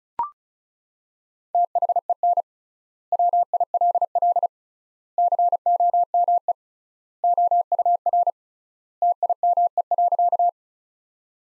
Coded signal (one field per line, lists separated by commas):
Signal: Morse code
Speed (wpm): 36 wpm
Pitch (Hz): 700 Hz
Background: none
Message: THEN WILL COME OUR TIME.